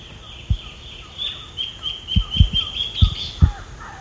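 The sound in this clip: Bird calls, a series of quick high chirps with several dull low thumps.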